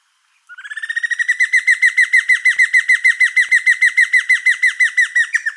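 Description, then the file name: Giant antshrike song, a fast rhythmic string of clear falling notes, quiet at first then loud and regular for several seconds, with no other sounds. "suara giant antshrike. omkicau"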